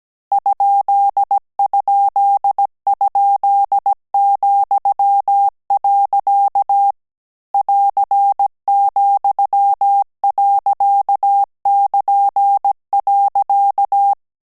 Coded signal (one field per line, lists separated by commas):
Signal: Morse code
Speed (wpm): 17 wpm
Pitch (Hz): 800 Hz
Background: none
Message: ???,. <AR>,.<KN>.